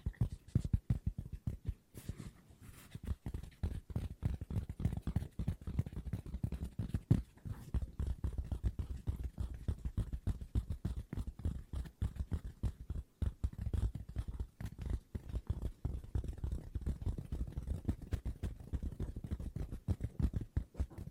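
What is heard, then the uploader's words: Fast tapping with no talking, a rapid, dense stream of short knocks that runs the whole way through without pause. The taps are mostly low and dull with thin, crisp tops, steady in pace, with a brief lull near the two-second mark. ASMR Tapping No Talking Fast & Soothing for Sleep 5 Objects.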